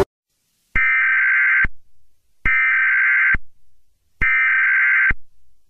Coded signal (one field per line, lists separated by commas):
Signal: Emergency Alert System (SAME) tones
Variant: header bursts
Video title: ALL OF MY EAS SCENARIOS COMPILATION FROM 2022!!!